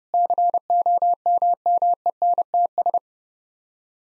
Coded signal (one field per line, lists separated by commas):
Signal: Morse code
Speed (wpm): 32 wpm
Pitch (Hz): 700 Hz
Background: none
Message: COMMENTS